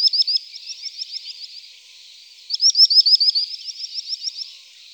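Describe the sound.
Sandpiper calls: two bursts of rapid, high, clipped notes in quick trilling series, the second burst beginning abruptly after a short pause.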